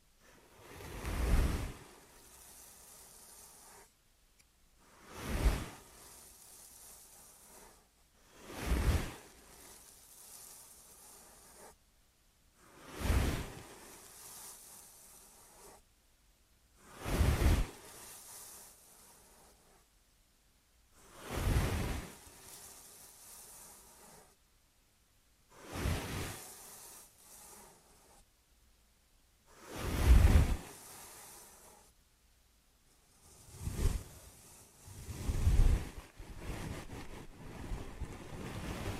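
Ear and scalp massage with soft rubbing swooshes rising and falling roughly every four seconds, each a brief full hiss between quiet gaps.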